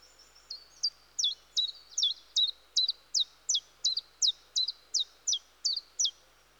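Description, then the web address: Common chiffchaff song: a faint high whistle, then a steady string of loud, sharp, falling notes at nearly three per second. "The BBC Sound Effects Library. Chiffchaff"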